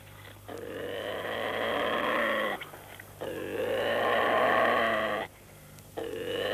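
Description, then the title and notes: Eurasian lynx yowling: three rough, harmonic moans, the first two about two seconds each and the last cut off after under a second, separated by short pauses, the middle one swelling loudest. "Ilves. Viikon luontoäänen esitteli Paavo Hellstedt"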